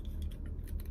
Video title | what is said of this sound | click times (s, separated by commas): KWikset Door Knob rekey | and it's gonna clip right in there | 0.8 s